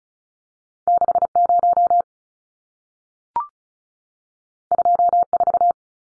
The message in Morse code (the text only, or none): 60 24